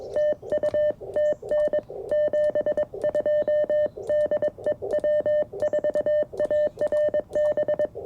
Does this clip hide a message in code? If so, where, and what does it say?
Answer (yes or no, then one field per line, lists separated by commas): yes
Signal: Morse code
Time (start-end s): 0.2-7.9 s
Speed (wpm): 22 wpm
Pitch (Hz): 600 Hz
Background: none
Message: TU TN 72 DE W4ARB